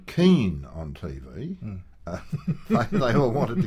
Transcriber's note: laughs